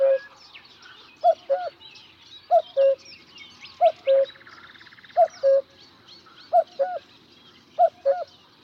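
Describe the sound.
Cuckoo repeating a clear falling two-note cu-coo roughly every 1.3 seconds, six full calls after the tail of an earlier one, over faint background chirps from small birds.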